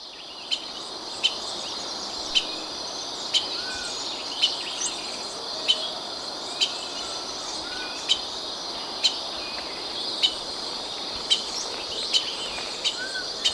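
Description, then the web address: White-lined tanager giving clipped, sharp call notes repeatedly through a long stretch, with a continuous high insect hum throughout. Recorded in Ecuador. "Birds of Ecuador. White-lined Tanager"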